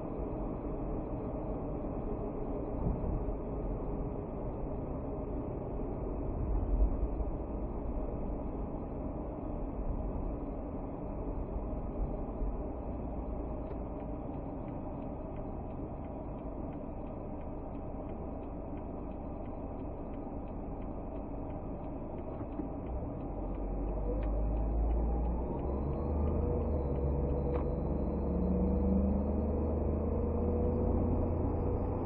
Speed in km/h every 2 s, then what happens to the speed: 40, 38, 34, 30, 27, 23, 16, 9, 0, 0, 0, 6, 21, 25, 32, 36.
0-15 slows to 0. 15-21 standing. 21-29 pulls away to 36.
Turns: none.